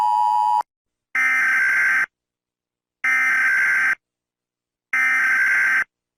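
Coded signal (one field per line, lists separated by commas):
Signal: Emergency Alert System (SAME) tones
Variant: header bursts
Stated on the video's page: Collection of EAS alarms.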